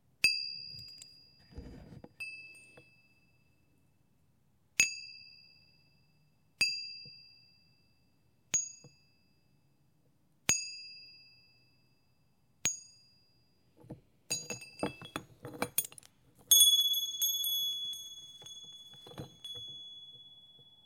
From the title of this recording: Zen Garden Serenity: Wind Chimes and Nature Sounds